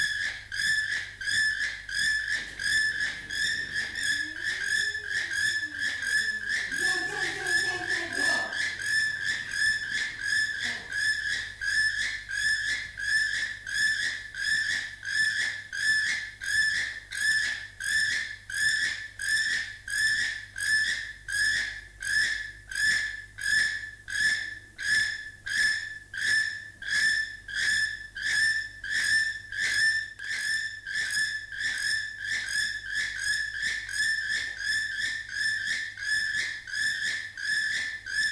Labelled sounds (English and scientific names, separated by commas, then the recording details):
Keel-billed Toucan (Ramphastos sulfuratus) call
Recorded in captivity
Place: Tiergarten Wilhelma/Stuttgart, Baden-Württemberg, DE
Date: 2005-03-14 11:11
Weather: heiter, 4-8°C
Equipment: Sony WM-D6C, Sony ECM-MS 907, Kopie Uher 4000 Report Monitor
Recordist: Tembrock, Günter
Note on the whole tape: Rufreihen; zwei Tiere mit Duettphasen